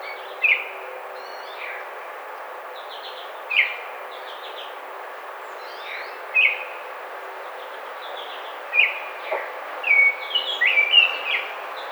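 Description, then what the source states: Baltimore oriole whistles, brief slurred notes scattered throughout, ending in a quicker run of clear whistled phrases near the close. Recorded 29 May 2009.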